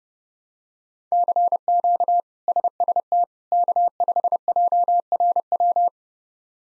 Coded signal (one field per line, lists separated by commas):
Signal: Morse code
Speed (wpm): 30 wpm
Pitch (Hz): 700 Hz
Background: none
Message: CQ SST K5JRW